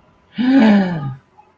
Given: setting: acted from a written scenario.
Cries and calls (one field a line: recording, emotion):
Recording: vocal sound without words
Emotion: awe